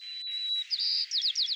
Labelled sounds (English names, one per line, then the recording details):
White-crowned Sparrow song
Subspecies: nuttalli
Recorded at Morro Bay, California, in 2014
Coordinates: 35.371, -120.866
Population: south
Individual MORR_maleA_14